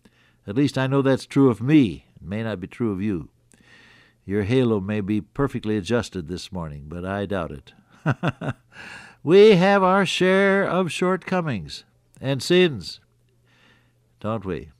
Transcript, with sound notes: At least I know that’s true of me, may not be true of you. Your halo may be perfectly adjusted this morning, but I doubt it. (Laughs) We have our share of shortcomings and sins, don’t we?